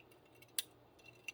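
After a cross-threaded attempt, a metal magazine catch button for a Strike Industries ambidextrous mag release is worked back onto the threaded mag catch post in a lower receiver. Faint metallic ticks lead to a sharp, bright click at 0.6 s as the button threads catch on the post and it seats, followed by a smaller tick near 1.3 s.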